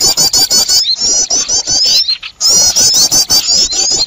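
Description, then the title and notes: Birds chattering noisily, dense rapid high trills and squeaks with quick clicking notes, broken by two short lulls. Noisy bird sounds (burung ribut), a long-duration master recording used for luring birds. "Burung Ribut Pikat"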